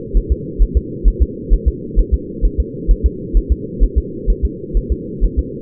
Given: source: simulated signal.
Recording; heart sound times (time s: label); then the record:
fetal heart sounds
0.17 s: S1
0.32 s: S2
0.62 s: S1
0.77 s: S2
1.08 s: S1
1.22 s: S2
1.53 s: S1
1.68 s: S2
1.99 s: S1
2.14 s: S2
2.45 s: S1
2.60 s: S2
2.91 s: S1
3.06 s: S2
3.37 s: S1
3.52 s: S2
3.84 s: S1
3.98 s: S2
4.30 s: S1
4.45 s: S2
4.77 s: S1
4.92 s: S2
5.24 s: S1
5.39 s: S2
From the record:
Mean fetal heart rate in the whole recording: 130 bpm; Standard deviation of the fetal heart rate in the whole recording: 2 bpm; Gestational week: 36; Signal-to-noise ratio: -4.1 dB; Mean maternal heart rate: no maternal heart sound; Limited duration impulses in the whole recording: absent